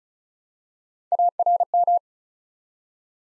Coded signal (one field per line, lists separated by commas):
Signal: Morse code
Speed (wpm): 36 wpm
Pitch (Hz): 700 Hz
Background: none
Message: ARM